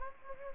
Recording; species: mosquito wingbeat signal from an infrared sensor; Anopheles gambiae